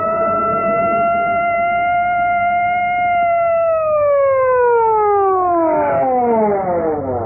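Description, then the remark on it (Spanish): A Scotland Yard police patrol car siren holds a loud, steady wail, then slides downward in pitch as it winds down while the car stops at a roadside at night, with a low engine rumble underneath. “Dos agentes de Scotland Yard detuvieron la patrulla cerca del auto Sport que permanecía inmóvil a la orilla de la carretera.”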